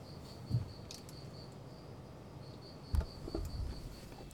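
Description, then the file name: Cricket chirping as a steady, high pulsed trill throughout, with a few low thumps and knocks in the background. "freesound crickets and a freak"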